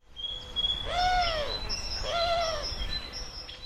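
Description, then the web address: Bird giving two drawn-out, rich harmonic calls that rise then fall, with thin high whistled notes heard before and after. "Deverinetal 2025 File origin Bird Only"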